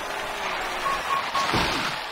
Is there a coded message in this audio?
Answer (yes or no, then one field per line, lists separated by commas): no